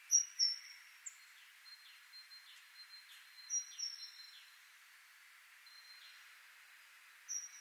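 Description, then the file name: Great tit calls, short high notes near the start and again midway and at the end, against a steady buzzing insect background. "Parus major"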